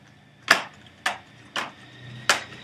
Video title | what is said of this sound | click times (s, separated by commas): Let's Fix Computers - The Secret and Bad Pilot | line up the holes and then just literally just press it so it all clicks into place | 0.5 s, 2.3 s